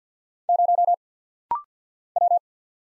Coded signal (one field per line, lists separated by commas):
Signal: Morse code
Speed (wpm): 48 wpm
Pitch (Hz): 700 Hz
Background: none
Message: 0 W